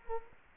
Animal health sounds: mosquito wingbeat signal from an infrared sensor; Culex quinquefasciatus

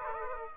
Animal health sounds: mosquito wingbeat signal from an infrared sensor; Aedes aegypti

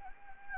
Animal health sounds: mosquito wingbeat signal from an infrared sensor; Anopheles gambiae

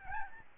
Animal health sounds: mosquito wingbeat signal from an infrared sensor; Aedes albopictus

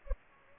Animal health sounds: mosquito wingbeat signal from an infrared sensor; Culex pipiens

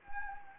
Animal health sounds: mosquito wingbeat signal from an infrared sensor; Anopheles gambiae

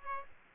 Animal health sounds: mosquito wingbeat signal from an infrared sensor; Aedes aegypti

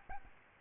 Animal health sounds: mosquito wingbeat signal from an infrared sensor; Aedes albopictus

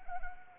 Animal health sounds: mosquito wingbeat signal from an infrared sensor; Anopheles arabiensis

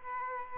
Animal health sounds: mosquito wingbeat signal from an infrared sensor; Aedes aegypti

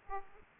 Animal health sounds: mosquito wingbeat signal from an infrared sensor; Aedes aegypti

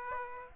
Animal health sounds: mosquito wingbeat signal from an infrared sensor; Aedes aegypti

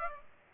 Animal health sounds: mosquito wingbeat signal from an infrared sensor; Aedes aegypti

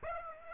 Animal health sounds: mosquito wingbeat signal from an infrared sensor; Aedes aegypti

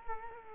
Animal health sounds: mosquito wingbeat signal from an infrared sensor; Culex quinquefasciatus

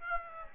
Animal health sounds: mosquito wingbeat signal from an infrared sensor; Aedes aegypti

